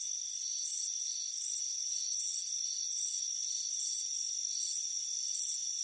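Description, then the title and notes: Cricket chirps, high and buzzy, pulse in brief bursts at a brisk pace above an unbroken high-pitched hum. Crickets chirping on a warm afternoon by a front porch. "Soothing Crickets Chirping Sound. It's a warm afternoon as you relax in a hammock on the front porch. Relax and fall asleep to the soothing sound of chirping crickets. Deep Sleep Sounds"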